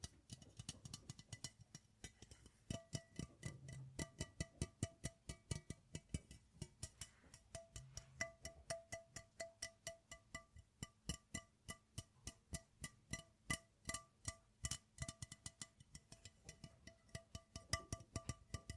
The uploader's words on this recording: Metal tapping, wood tapping, plastic tapping, and glass tapping. ASMR Tapping Triggers.